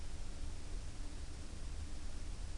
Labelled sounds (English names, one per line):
none